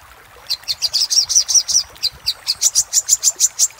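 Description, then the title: Little spiderhunter: a run of high, sharp chip notes, quick and regular, with a brief gap midway. Master recording used for training cage birds. "Masteran Burung Sogok Ontong Labaik"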